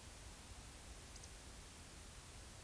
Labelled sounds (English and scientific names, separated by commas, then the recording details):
Eurasian Woodcock (Scolopax rusticola) whistle
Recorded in Baden-Württemberg, Germany, on 10 May 2021 at 19:48 UTC
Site 24606, 635 m above sea level